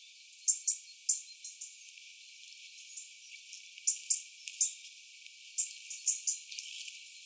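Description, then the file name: European robin giving sharp, high ticking calls, single or in quick pairs, spread irregularly throughout, with faint thin notes between them. "Erithacus rubecula"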